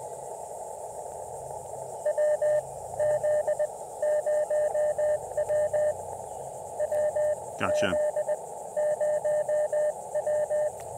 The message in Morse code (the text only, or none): WZ0W WZ0W